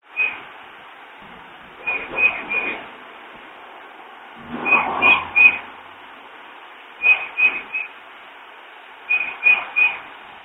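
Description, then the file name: Bird calling short, clear whistled notes in tight groups of three, each group repeated about every two to three seconds, over a steady hiss. "bird unknown"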